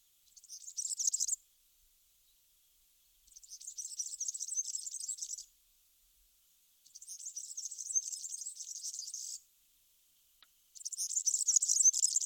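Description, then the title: European serin song: four high, fizzy, tinkling trills of about one to two and a half seconds each, repeated roughly every three to four seconds with brief silences between. "Sylvain Jaskowiak - Mes piafs. Serin cini"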